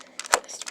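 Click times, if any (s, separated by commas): 0.3 s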